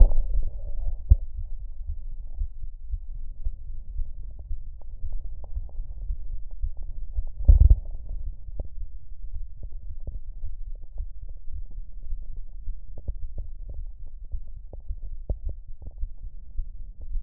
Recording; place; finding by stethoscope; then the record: heart sounds by stethoscope; aortic valve (AV); normal heart sounds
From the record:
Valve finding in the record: normal valve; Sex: male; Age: 44 years